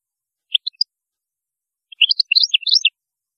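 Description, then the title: European goldfinch song: three sharp notes, a pause, then a quick bubbling run of liquid twitters. "Chant Chardonneret"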